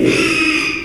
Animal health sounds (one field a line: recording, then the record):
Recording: squeal of a Yucatan mini pig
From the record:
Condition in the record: after surgery on the right vocal fold (resection and tissue-engineered implant)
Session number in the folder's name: 1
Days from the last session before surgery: 6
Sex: male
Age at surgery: 12 weeks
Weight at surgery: 13 kg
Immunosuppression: cyclosporine, prednisolone